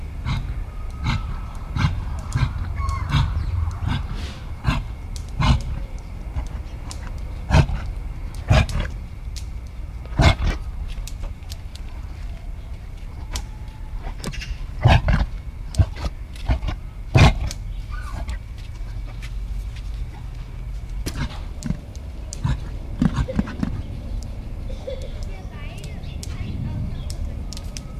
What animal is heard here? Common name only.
Reindeer